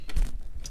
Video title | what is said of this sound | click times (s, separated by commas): Hobie Pro Angler 12 Foot Walkthrough and Review (Is it Worth the Price Tag?) | Um, nice feature about this, too, is that it locks into place. | 0.7 s